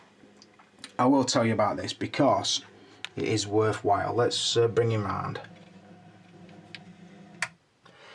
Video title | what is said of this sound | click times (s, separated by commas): Hot Toys Iron Man Mark 7 Part 2 | So with the faceplate this time, instead of it just going on with magnets, it pretty much clicked into place. | 7.4 s